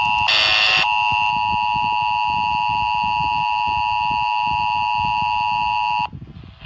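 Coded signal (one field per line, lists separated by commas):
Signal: Emergency Alert System (SAME) tones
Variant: 853 and 960 Hz attention tone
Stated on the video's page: Tornado Watch alert received on four FM and AM radio stations.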